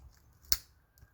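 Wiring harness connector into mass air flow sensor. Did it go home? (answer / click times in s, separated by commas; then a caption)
yes / 0.5 s. A wiring harness connector is slid onto the mass air flow sensor of a 2006 to 2017 Toyota Camry after the sensor is cleaned, guided with two fingers and pushed home. A single sharp, loud click is heard at 0.5 s, followed by a faint tick near 1.0 s. The connector is seated.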